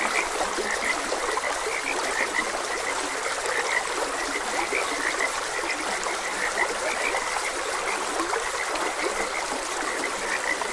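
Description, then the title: Frogs croaking, short bright notes repeating irregularly over a steady rushing stream that fills the background. Frogs croaking beside a gentle stream. "Gentle Stream and Frogs Croaking"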